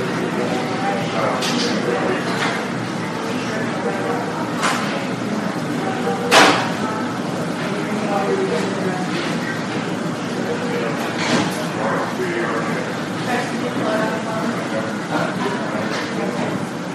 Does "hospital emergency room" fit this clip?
yes